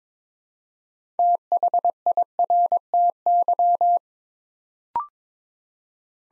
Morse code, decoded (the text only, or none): THIRTY